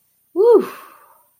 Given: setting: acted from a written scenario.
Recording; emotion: vocal sound without words; relief